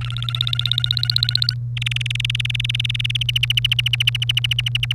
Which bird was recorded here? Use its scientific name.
Serinus canaria